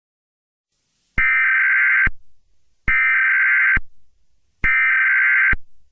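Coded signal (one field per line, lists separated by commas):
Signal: Emergency Alert System (SAME) tones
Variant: header bursts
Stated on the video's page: Fictional EAS scenario.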